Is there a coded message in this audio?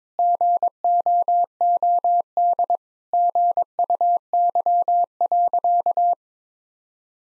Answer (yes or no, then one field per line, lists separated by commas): yes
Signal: Morse code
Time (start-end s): 0.2-6.1 s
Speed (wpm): 22 wpm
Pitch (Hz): 700 Hz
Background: none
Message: GOOD GUY.